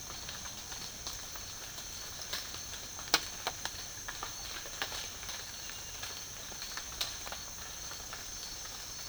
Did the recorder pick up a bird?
no